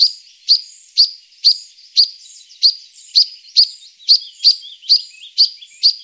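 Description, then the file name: European pied flycatcher singing: sharp high notes repeated roughly twice a second, interwoven with softer twittering notes throughout. "Svartvit flugsnappare"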